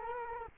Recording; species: mosquito wingbeat signal from an infrared sensor; Culex quinquefasciatus